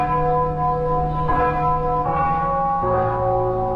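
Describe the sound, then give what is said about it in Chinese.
The clock tower of Beijing Railway Station chimes its Dongfanghong time-signal melody at 9 a.m., bell-like tones ringing out one after another, each note sustained and overlapping the next, steady and loud with no voices. “上午9点，这段熟悉悦耳的旋律准时响彻在北京上空。从1959年以来，北京站的东方红音乐报时迎送了无数批旅客。”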